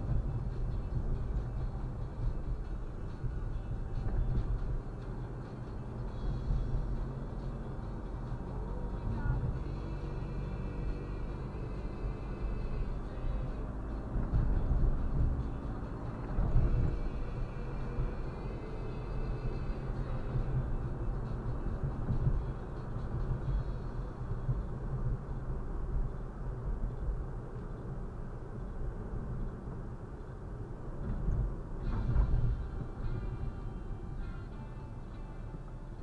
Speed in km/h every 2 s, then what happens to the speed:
37, 36, 38, 43, 44, 46, 49, 52, 53, 54, 55, 52, 48, 46, 42, 39, 33, 22.
0-21 speeds up to 55. 21-34 slows to 22.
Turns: none.